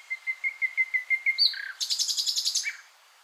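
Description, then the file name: Common nightingale song phrase: a run of clear, evenly spaced piping notes, a short slur, then a fast, harsh, buzzy rattle before falling quiet. "Luscinia megarhynchos"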